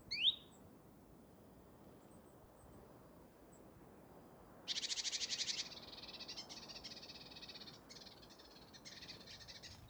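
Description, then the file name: Great tit churring calls: a brief note at the start, then quiet, then a harsh buzzy rattle bursts in midway and continues in rough, pulsing stretches to the end. "Parus major"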